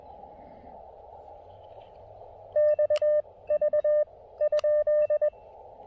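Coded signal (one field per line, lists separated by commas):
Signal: Morse code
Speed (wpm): 20 wpm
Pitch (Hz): 590 Hz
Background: none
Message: XV ?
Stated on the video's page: QRP POTA park activation with an Elecraft KX2.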